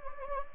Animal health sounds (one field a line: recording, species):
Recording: mosquito wingbeat signal from an infrared sensor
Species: Anopheles gambiae